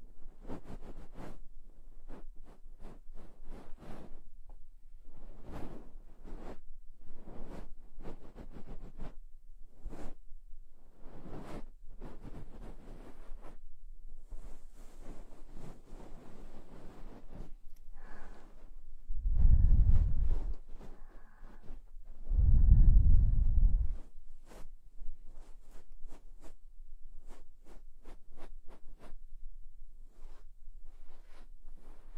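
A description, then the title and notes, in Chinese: Binaural cleaning sounds: quick brushing and scraping strokes repeat steadily, broken by two louder, deeper rubbing bursts near 20 and 23 seconds. 双耳清洁。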